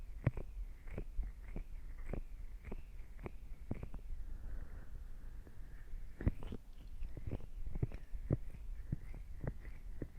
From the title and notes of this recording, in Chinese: ASMR 给您进行贴心掏耳朵服务。